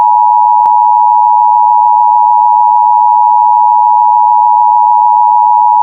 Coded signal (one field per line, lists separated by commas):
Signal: Emergency Alert System (SAME) tones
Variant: 853 and 960 Hz attention tone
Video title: EAS Scenario: Hunter Error Remastered (Reuploaded)